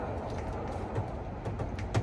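A Whirlpool wall oven door, held and supported by hand, is pushed onto its hinges so the hinge goes into the oven frame's hinge slot. Two soft hits sound at 1.8 and 2.0 seconds over a steady low rumble. Only one hinge side engages and grabs, so the door is not yet fully seated on both hinges.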